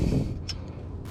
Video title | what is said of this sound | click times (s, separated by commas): How to use Harley Davidson M8 Cam Bearing Tool - Step by Step Walkthrough | right so there we go you can hear it snap into place | 0.5 s